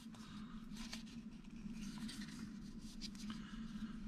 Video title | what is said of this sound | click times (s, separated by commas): How to replace a 2008 Chrysler 300 3 Button Fobik Remote Battery | you notice you're going to hear it snapping as you go around | 0.9 s, 3.2 s, 3.3 s